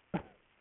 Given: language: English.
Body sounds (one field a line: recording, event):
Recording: throat vibration sensor signal played as sound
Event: cough